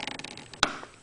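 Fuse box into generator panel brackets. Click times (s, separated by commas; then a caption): 0.6 s. During a wireless remote control install on a Honda EU7000iS generator, a plastic fuse box is slid up into its panel brackets and pulled forward. Light soft taps and rustles are followed by one sharp, bright click at 0.6 s as its locking tab snaps into place. The fuse box is seated back in its stock position.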